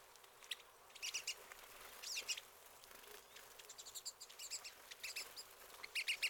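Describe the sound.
Pine siskin giving rapid, high twittering notes in short bursts over soft background hiss.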